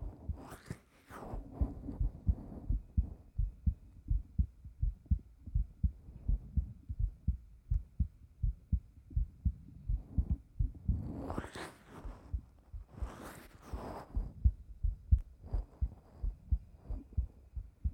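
A normal adult heartbeat: steady, low-pitched thumping beats at about 83 per minute.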